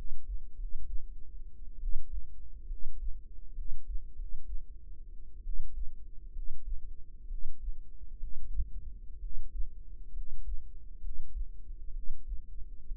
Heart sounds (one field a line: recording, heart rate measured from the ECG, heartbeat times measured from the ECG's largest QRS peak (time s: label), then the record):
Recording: heart sounds by microphone in the right ear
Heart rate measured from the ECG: 63 bpm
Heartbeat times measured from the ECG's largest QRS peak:
0.53 s: heartbeat
1.77 s: heartbeat
2.65 s: heartbeat
3.52 s: heartbeat
4.12 s: heartbeat
5.41 s: heartbeat
6.30 s: heartbeat
7.25 s: heartbeat
8.16 s: heartbeat
9.17 s: heartbeat
10.10 s: heartbeat
10.98 s: heartbeat
11.90 s: heartbeat
12.85 s: heartbeat
From the record:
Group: healthy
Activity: cold pressor test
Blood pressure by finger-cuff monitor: 111/74 mmHg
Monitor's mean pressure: 84 mmHg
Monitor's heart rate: 67 bpm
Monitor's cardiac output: 5.4 L/min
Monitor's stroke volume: 79 mL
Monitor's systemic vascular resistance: 1140 dyn s/cm5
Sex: female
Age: 22 years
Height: 171 cm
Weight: 65.6 kg